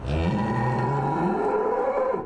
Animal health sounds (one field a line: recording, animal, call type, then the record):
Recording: contact call of a hoofed animal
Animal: cattle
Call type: low-frequency (closed-mouth) or high-frequency (open-mouth) call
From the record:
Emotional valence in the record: negative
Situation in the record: full separation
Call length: 2.3 s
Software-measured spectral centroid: 1100 Hz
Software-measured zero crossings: 1110 a second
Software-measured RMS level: -24 dBFS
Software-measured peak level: -13 dBFS